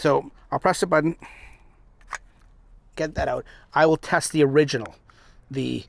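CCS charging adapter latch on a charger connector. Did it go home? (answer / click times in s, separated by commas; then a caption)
released / 2.1 s. A button on a CCS charging adapter is pressed to release its latch from a charger connector, with a sharp snap at 2.1 s. Someone talks before and after, and the latch releases so the adapter can be pulled off.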